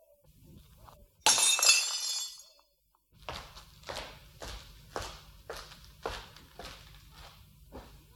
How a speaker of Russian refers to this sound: Ну, знаете, разбить бокал. Какая нелепая выходка. Может быть, немного театральная.